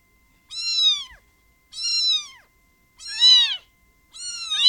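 Cat: kitten meows, four high mews, each under a second long and arched in pitch, spaced a little over a second apart against a silent background, the last cut off.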